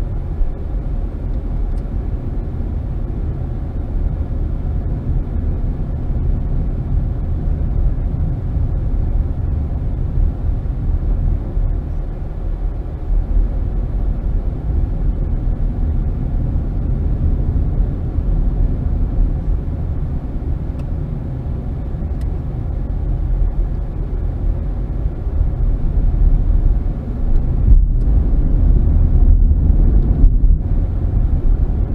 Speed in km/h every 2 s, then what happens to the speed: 15, 19, 24, 27, 23, 21, 18, 21, 27, 31, 27, 19, 21, 26, 34, 40.
0-5 speeds up to 27. 5-13 slows to 18. 13-16 speeds up to 27. 19-23 slows to 19. 23-32 speeds up to 40.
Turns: 21-26.